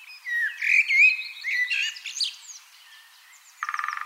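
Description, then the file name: Common blackbird delivering one mellow, warbling phrase that breaks into high scratchy twittering; a short buzzy, rattling note follows at the end. "Turdus merula"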